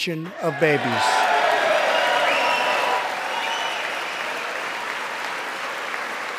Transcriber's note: applause